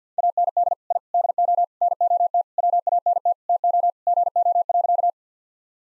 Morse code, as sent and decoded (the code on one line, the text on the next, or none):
.- -. -.. / .. / -.. --- / -. --- - / .-- .- -. - / - --- / --. --- .-.-.-
AND I DO NOT WANT TO GO.